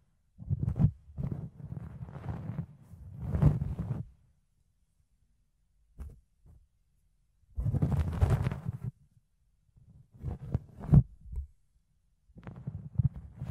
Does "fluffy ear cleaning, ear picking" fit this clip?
yes